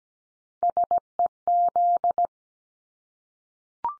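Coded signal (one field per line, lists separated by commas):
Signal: Morse code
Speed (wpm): 17 wpm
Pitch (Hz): 700 Hz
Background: none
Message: SEZ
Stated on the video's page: Morse code abbreviation head-copy drill at 17 wpm, each sent in Morse, spoken, then sent again.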